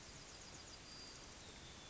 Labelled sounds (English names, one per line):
Yellowhammer song